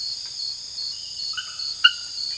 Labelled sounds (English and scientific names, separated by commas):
none